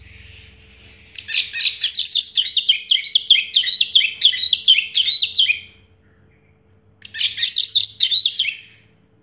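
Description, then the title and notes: Orange-headed thrush song: a long rapid stream of quick repeated high chirping notes for several seconds, a pause, then another burst. Anis merah song in the 'teler' style, with a clear voice. "Anis Merah Teler Suara Jernih. suara anis merah"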